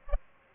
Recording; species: mosquito wingbeat signal from an infrared sensor; Aedes aegypti